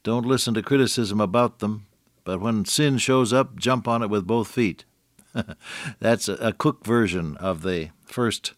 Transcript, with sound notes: Don’t listen to criticism about them. But when sin shows up, jump on it with both feet.” [chuckle] That’s a Cook version of the first